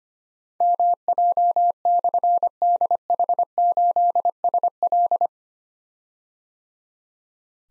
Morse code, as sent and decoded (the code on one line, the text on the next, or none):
-- .--- -..-. -.. .... ---.. ... .-..
MJ/DH8SL